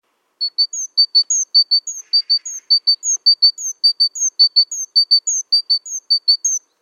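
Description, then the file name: Great tit giving bright, thin, high notes in quick succession for several seconds: pairs of level notes broken by a higher, slurred note in a repeating pattern. "Parus major"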